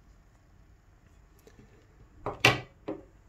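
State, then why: Seated. A steel Swedish M1914 bayonet slides onto the bayonet lug of an M1894/14 carbine, the lug riding over the ramped locking catch and depressing the button. After a faint tap near 1.4 s and a scrape at 2.3 s, the catch passes the lug and snaps into place with a sharp metallic click at 2.5 s, followed by a softer metallic hit near 2.9 s. The bayonet is seated and locked.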